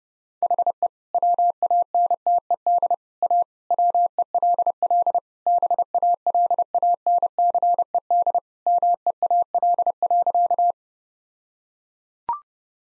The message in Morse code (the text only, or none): HE WANTED A WELL BALANCED MEAL.